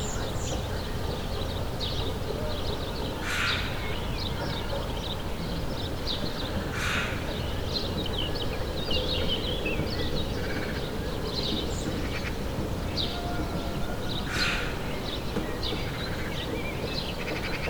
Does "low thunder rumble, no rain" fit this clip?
no